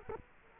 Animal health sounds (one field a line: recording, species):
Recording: mosquito wingbeat signal from an infrared sensor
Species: Culex quinquefasciatus